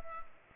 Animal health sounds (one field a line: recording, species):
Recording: mosquito wingbeat signal from an infrared sensor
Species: Culex pipiens